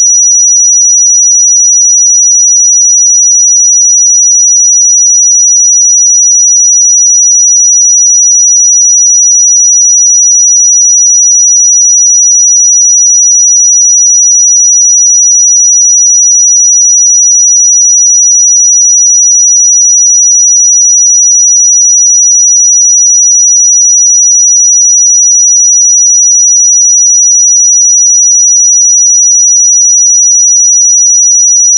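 A pure 5844 Hz sine tone holds perfectly steady from start to finish, a thin, high, piercing whistle with no wavering in pitch or loudness. Nothing else is heard behind it: no background noise, no breaks, no other sounds.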